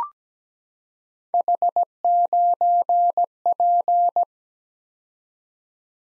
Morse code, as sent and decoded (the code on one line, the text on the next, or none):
.... ----. .--.
H9P